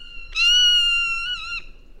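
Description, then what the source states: Zone-tailed Hawk giving a single long, level screaming whistle that wavers slightly near the end. Zone-tailed Hawk of the American Southwest, which soars among Turkey Vultures to hunt live prey.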